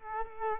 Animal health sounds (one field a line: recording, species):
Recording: mosquito wingbeat signal from an infrared sensor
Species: Culex quinquefasciatus